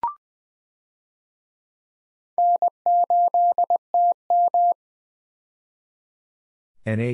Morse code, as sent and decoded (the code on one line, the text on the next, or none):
-. ---.. - --
N8TM